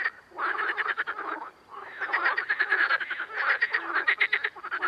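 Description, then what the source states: Amphibians in a loud croaking chorus of rapid pulsed rattles, overlapping with only short pauses. Amphibian ambience.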